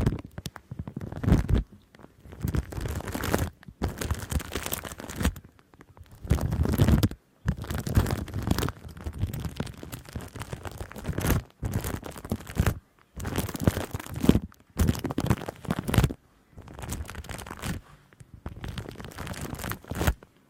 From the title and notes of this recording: ASMR for Charity Shaving Cream on the Mic + Intense Crinkles.